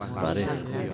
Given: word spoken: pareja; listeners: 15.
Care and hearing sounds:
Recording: one Spanish word in noise, from a listening test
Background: eight-talker babble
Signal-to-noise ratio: 0.9 dB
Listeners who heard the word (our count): 1 of 15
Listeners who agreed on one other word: 9 of 15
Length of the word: 0.54 s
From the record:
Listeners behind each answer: 9, 2, 1, 1, 1, 1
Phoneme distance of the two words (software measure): 17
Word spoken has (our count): 3 syllables, 6 phonemes, stress on syllable 2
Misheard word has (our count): 2 syllables, 5 phonemes, stress on syllable 2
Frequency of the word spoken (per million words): 65.90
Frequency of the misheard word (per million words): 44.55

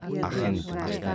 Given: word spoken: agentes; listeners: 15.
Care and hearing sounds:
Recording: one Spanish word in noise, from a listening test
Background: four-talker babble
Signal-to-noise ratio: -1.7 dB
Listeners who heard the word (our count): 0 of 15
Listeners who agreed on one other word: 14 of 15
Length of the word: 0.75 s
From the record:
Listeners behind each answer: 14, 1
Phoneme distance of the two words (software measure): 7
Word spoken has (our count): 3 syllables, 7 phonemes, stress on syllable 2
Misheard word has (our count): 3 syllables, 6 phonemes, stress on syllable 2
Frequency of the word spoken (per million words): 69.42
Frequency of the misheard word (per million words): 37.29

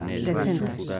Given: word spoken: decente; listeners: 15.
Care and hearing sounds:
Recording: one Spanish word in noise, from a listening test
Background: four-talker babble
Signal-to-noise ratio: 0.2 dB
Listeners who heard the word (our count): 1 of 15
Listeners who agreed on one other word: 7 of 15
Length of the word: 0.60 s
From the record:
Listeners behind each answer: 7, 1, 1, 1, 1, 1, 1, 1, 1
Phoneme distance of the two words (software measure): 7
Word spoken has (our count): 3 syllables, 7 phonemes, stress on syllable 2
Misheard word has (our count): 3 syllables, 8 phonemes, stress on syllable 2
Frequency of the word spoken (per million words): 5.87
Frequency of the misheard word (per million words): 1.74

